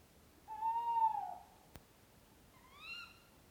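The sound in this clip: Owl giving one steady low hoot, followed after a pause by a higher, rising, harmonic-rich call.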